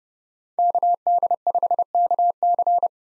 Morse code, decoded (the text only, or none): KD5KC